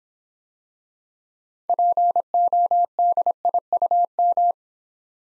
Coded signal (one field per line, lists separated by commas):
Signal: Morse code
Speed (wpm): 26 wpm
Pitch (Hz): 700 Hz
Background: none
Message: PODIUM